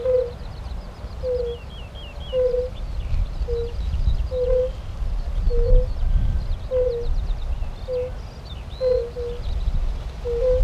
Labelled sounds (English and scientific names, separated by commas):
Fire-Bellied Toad (Bombina bombina) call